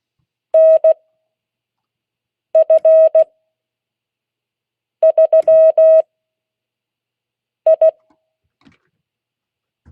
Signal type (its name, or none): Morse code